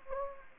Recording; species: mosquito wingbeat signal from an infrared sensor; Anopheles gambiae